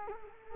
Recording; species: mosquito wingbeat signal from an infrared sensor; Culex quinquefasciatus